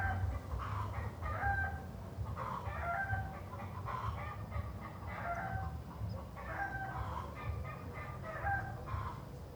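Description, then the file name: Chickens clucking, with bursts of short, nasal, harmonic clucks and squawks repeated irregularly about every second or two, over a steady low rumble of background noise. Chickens clucking in a city. "Galinhas cacarejando na cidade"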